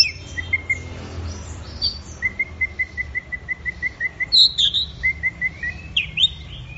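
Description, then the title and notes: Orange-headed thrush song with a steady series of evenly spaced mid-pitched notes, broken by higher warbled whistles near the end. Bird in full, energetic song (gacor). "Anis Merah Gacor Teler. Kumpulan Suara Burung Anis"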